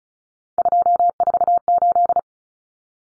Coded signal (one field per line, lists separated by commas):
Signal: Morse code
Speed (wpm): 34 wpm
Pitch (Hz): 700 Hz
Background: none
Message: 248